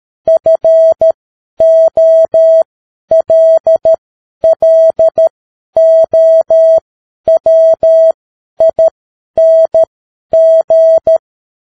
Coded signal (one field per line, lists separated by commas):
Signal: Morse code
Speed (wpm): 13 wpm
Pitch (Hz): 650 Hz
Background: none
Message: FOLLOWING